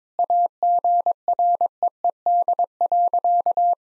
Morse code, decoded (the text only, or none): AGREED.